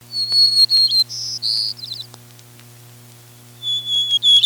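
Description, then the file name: White-crowned sparrow song: a clear high whistle, then shorter whistled notes and a quick buzzy trill, with a final steady whistle after a pause; low steady hum throughout. "1988-05-20 White-crowned Sparrow"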